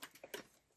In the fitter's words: elle est bien verrouillée